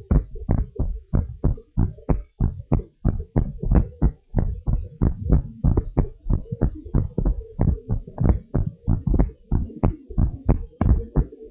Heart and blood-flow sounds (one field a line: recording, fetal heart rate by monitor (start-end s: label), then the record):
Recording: heart sounds of a pregnant woman by stethoscope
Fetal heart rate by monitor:
no fetal heartbeat
From the record:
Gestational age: 39 weeks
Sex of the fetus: boy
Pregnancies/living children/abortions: 2/1/0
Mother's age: 37 years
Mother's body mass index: 34.9